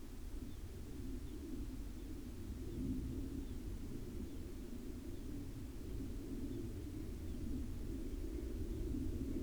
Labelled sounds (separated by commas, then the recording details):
bird, aircraft
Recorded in the Arctic National Wildlife Refuge, Alaska, on 22 July 2019 at 02:44
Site 41